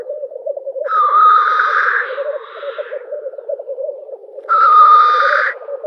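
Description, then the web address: Black grouse display: a steady low bubbling rookoo runs throughout, broken twice by loud hoarse hissing sneezes, the first about two seconds long and the second about one second. Male displaying. "Schulze Peter Black Grouse male display"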